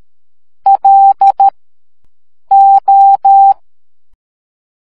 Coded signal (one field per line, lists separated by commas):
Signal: Morse code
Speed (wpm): 13 wpm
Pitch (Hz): 790 Hz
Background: none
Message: LO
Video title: Group Project Animation - Morse Code